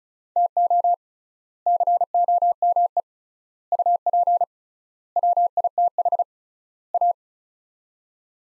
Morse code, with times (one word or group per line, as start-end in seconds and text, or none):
0.4-0.9 TO
1.7-3.0 COME
3.7-4.4 UP
5.2-6.2 WITH
6.9-7.1 A